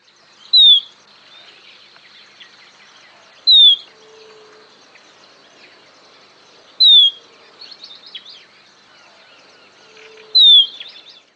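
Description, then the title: Baywing calling: a sharp, clear descending whistled note repeated about every three seconds, with softer twittering notes between. "LuckyPassaro Completos2Sama. Baywing (Agelaioides badius)"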